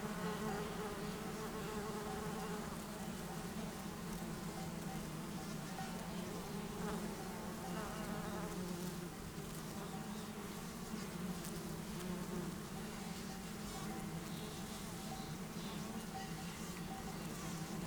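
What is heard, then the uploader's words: Bumblebees and other pollinators buzz constantly in a dense, steady low hum, with faint clicks and rustles scattered across a quiet meadow morning. I recorded this in the meadow at the south end of Taylor Lake in the Russian Wilderness, Klamath National Forest, Siskiyou County, California. It was a warm morning for the elevation of the meadow(6500') thanks to the cloud cover overnight. The bumblebees, butterflies, and other pollinators were out early, flying from flower to flower getting their of fill of nectar. Russian Wilderness- Buzzing Meadow Morning.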